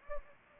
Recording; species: mosquito wingbeat signal from an infrared sensor; Anopheles gambiae